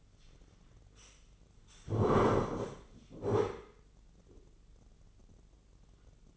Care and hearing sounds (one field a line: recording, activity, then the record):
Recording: daily activity, microphone in the room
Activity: sit down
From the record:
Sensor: 4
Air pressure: 996.8 hPa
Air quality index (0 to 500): 242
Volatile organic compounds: 353 ppm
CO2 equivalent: 4588 ppm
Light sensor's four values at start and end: 46/112/46/46 and 46/112/46/46